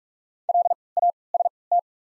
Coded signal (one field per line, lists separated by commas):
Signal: Morse code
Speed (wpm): 43 wpm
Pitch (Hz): 700 Hz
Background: none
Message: L A S T